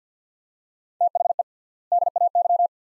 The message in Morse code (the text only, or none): THE DAY